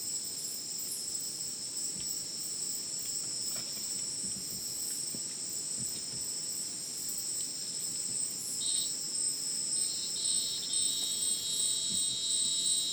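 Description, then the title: Crickets in a dense, continuous high-pitched chorus of layered steady trills, with pulsing chirps above and a brief extra buzzy band entering late. Dense insect chorus sounding like a polyrhythmic electronic concert, after sunset in dense rainforest, Madidi National Park, Ucumari, Bolivia; AT BP4029 microphone, MixPre 6 recorder. "Madidi National Park, Ucumari, Bolivia - Supersonic Crickets in the rainforest"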